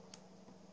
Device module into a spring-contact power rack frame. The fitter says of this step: you push it down you put it in and it locks into place very simple